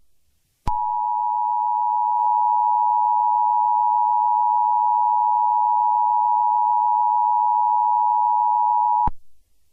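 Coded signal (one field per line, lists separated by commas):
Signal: Emergency Alert System (SAME) tones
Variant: 853 and 960 Hz attention tone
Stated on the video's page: Fictional EAS scenario alert.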